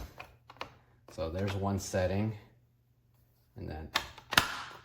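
Someone talks while lifting the plastic cup platform on a Chefman single-serve K-Cup coffee maker from its first height setting to its second, highest setting. A few faint taps come early, then a sharp click at 4.4 s as the platform locks into the second setting.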